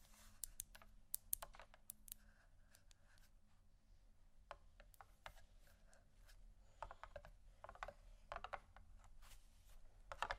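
Gentle tapping in quick, uneven clusters of sharp clicks, sparse around four and six seconds, over a low steady hum.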